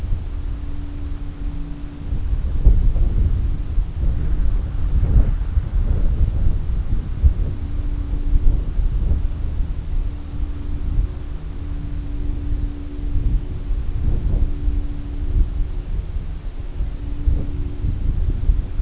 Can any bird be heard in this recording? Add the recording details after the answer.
no. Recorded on Arctic tundra, site CORI-1, on 20 June 2018. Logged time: 20:00